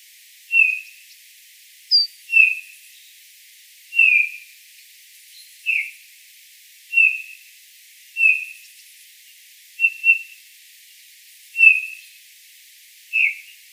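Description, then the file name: Eurasian bullfinch uttering a steady run of about ten gentle piped whistles, roughly one every one and a half seconds, once doubled. "Pyrrhula pyrrhula"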